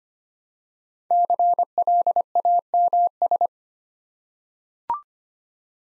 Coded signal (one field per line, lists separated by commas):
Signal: Morse code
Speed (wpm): 25 wpm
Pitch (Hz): 700 Hz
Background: none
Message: CLAMS